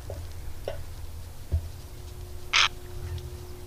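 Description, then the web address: Purple heron uttering one loud, coarse croak near the end, preceded by a couple of fainter clicks, with a low background drone. "Madardalok - Vörös gém"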